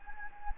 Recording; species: mosquito wingbeat signal from an infrared sensor; Anopheles gambiae